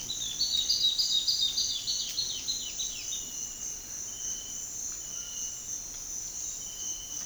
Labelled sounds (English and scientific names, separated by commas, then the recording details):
Spot-backed Antbird (Hylophylax naevius)
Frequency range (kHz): Spot-backed Antbird (Hylophylax naevius) 1.6-5.6 kHz
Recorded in dense forest near Puerto Asís, Putumayo, Colombia, on 21 February 2024 at 06:30
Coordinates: 0.481, -76.318
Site G6421